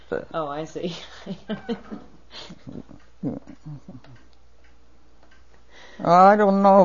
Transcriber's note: laughs